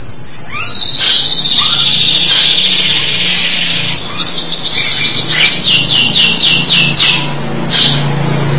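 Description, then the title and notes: Starling song opening with clear whistles and short slurs, then a rapid series of repeated downslurred notes, ending with a few scattered chips over a faint low hum. "suara burung jalak"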